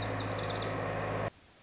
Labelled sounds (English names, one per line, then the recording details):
Lazuli Bunting
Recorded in Sonoma County, California